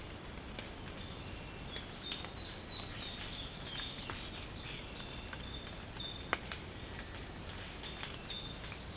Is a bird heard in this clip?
yes